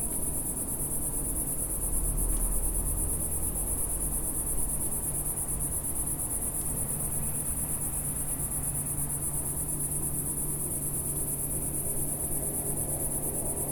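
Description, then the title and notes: Cicada song, a steady high shrill buzz running unbroken through the whole stretch over a low background rumble. Single cicada singing in early evening warmth in a garden with lavender and myrtle bushes, small village in Picardy, northern France. "Sound Escape 137: Enter a trance-like state to the song of a cicada in a French garden. We’re in the garden in a small village in Picardy in Northern France. The early evening warmth teases sweet scent from the lavender bushes and myrtles while a single cicada plays its eternal silvery zither"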